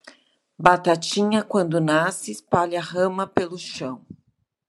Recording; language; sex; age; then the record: short text; Brazilian Portuguese; female; 50 to 59 years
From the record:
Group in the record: control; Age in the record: 52 years